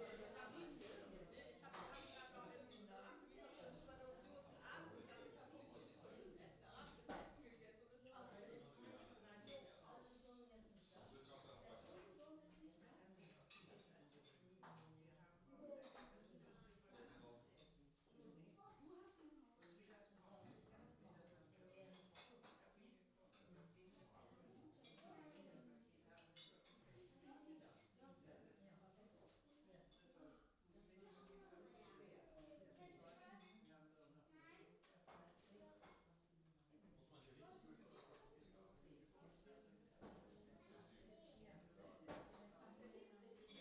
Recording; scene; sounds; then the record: everyday scene through a hearing-aid microphone; many people talking; many voices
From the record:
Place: parish hall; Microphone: in the ear canal, left